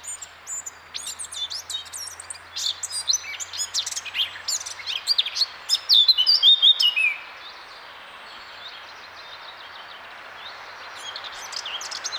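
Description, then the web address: Eurasian blackcap song, a busy chattering warble rising in volume and ending in a few pure whistled notes, followed by a quiet hiss. "SETE Sylvia atricapilla"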